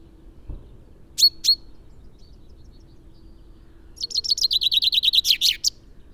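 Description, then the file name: Common chaffinch song, a quick cascade of chirpy notes falling in pitch and closing with a flourish, preceded by two sharp isolated notes and a soft thump. "Fringilla coelebs"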